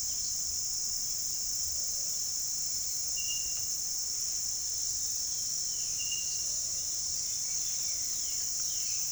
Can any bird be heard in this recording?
yes